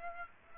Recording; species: mosquito wingbeat signal from an infrared sensor; Aedes aegypti